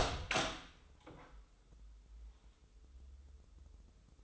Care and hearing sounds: daily activity, microphone in the room; open door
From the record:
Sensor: 3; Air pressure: 996.2 hPa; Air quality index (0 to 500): 35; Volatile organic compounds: 1 ppm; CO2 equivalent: 627 ppm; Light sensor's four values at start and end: 14/33/14/14 and 14/34/14/14

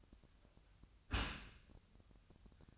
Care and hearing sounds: daily activity, microphone in the room; close dishwasher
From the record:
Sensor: 2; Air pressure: 1004.5 hPa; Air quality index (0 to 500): 113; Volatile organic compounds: 3 ppm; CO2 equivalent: 1370 ppm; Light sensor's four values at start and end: 6/15/6/6 and 6/15/6/6

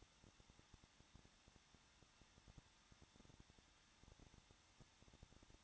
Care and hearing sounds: daily activity, microphone in the room; no activity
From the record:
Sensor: 3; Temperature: 21.2 degrees Celsius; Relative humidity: 36.4%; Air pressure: 1006.3 hPa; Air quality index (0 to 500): 223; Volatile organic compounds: 42 ppm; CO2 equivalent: 3184 ppm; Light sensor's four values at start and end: 2/3/2/2 and 2/3/2/2

